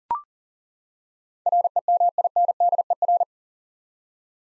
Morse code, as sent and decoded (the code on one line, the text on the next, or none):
.-. . -- .. -. -.. . .-.
REMINDER